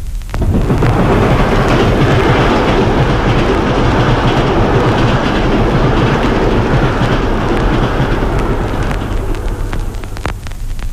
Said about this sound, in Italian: Cominciamo con il primo esempio. Lei è abituato ad ascoltare un treno in corsa con la normale tecnica riproduttiva all'incirca in questo modo.